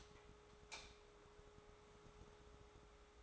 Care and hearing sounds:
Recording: daily activity, microphone in the room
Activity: light on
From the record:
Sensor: 3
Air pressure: 1010.2 hPa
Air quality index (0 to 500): 166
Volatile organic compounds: 9 ppm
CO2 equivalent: 2172 ppm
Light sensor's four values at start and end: 49/121/53/59 and 51/128/56/61

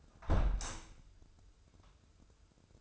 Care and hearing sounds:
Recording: daily activity, microphone in the room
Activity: close window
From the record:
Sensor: 2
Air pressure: 995.6 hPa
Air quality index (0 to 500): 93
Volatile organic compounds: 5 ppm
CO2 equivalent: 1717 ppm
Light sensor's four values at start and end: 24/77/31/29 and 24/76/30/29

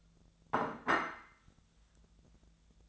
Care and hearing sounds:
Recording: daily activity, microphone in the room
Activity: place plate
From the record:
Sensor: 3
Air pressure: 1000.2 hPa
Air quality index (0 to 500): 139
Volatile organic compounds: 2 ppm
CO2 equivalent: 1238 ppm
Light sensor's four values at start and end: 35/88/37/40 and 35/88/38/41

